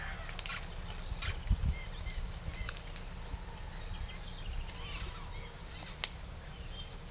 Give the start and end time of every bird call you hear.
[1.55, 2.83] bird call (0.5-5.8 kHz)
[4.57, 6.19] bird call (0.8-5.8 kHz)

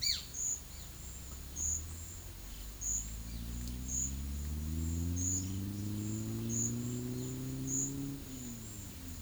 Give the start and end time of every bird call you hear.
[0.00, 0.30] bird call (1.2-6.9 kHz)

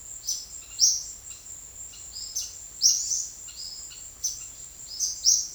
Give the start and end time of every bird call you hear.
[0.10, 1.46] bird call (2.1-6.6 kHz)
[1.87, 5.55] bird call (1.9-7.0 kHz)

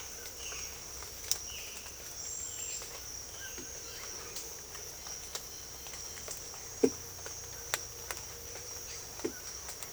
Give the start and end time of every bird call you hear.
[0.27, 0.81] bird call (1.8-3.5 kHz)
[1.42, 2.00] bird call (1.8-3.4 kHz)
[2.44, 2.99] bird call (2.1-3.6 kHz)
[3.35, 3.71] bird call (2.5-3.6 kHz)

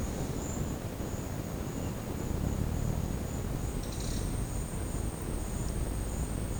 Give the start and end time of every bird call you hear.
[3.83, 4.22] bird call (2.9-6.9 kHz)

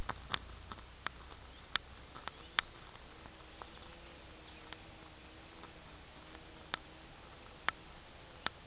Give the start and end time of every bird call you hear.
[1.43, 2.98] bird call (2.0-5.5 kHz)
[4.04, 6.16] bird call (4.5-6.7 kHz)
[8.26, 8.54] bird call (4.1-5.7 kHz)

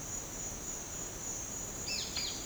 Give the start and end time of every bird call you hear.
[1.84, 2.44] bird call (1.5-5.8 kHz)

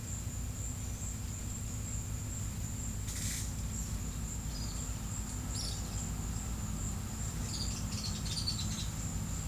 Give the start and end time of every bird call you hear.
[3.09, 3.51] bird call (0.6-17.3 kHz)
[4.37, 4.82] bird call (3.4-5.9 kHz)
[5.41, 5.87] bird call (3.1-6.3 kHz)
[7.46, 8.99] bird call (2.2-6.2 kHz)

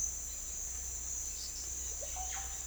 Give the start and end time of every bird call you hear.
[1.92, 2.51] bird call (0.2-4.0 kHz)

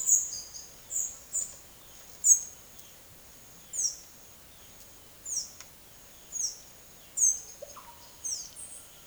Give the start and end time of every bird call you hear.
[0.00, 8.87] bird call (0.4-11.5 kHz)

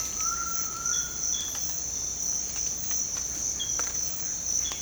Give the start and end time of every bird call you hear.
[0.00, 1.20] bird call (0.9-2.0 kHz)

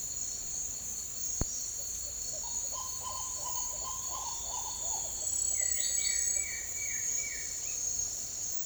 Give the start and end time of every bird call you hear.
[2.33, 5.16] bird call (0.5-1.7 kHz)
[5.50, 7.66] bird call (1.5-4.5 kHz)

